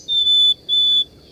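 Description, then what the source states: Black-capped Chickadee song of two pure whistled notes held at the same high pitch with a short gap, over a faint low background hiss. Island dialect recorded on Martha's Vineyard, Massachusetts, south of Cape Cod: two high notes with no pitch change, likely developed through isolation from mainland birds.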